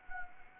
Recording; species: mosquito wingbeat signal from an infrared sensor; Anopheles gambiae